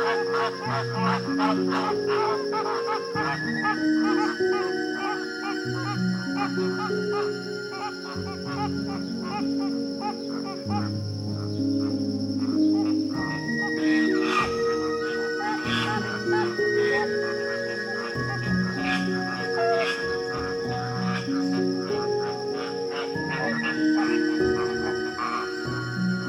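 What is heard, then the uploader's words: A dense flock of flamingos honks and gabbles without pause, many nasal calls overlapping at once. The chatter stays steady throughout, low grunting notes under brighter, repeated honks, with a faint high whine running in the background. Flamingos in the Wetlands.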